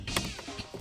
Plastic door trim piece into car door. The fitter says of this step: that goes up here snaps in also